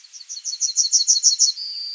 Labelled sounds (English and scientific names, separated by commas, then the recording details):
Yellowhammer (Emberiza citrinella) song
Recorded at under 5 m from the bird
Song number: 039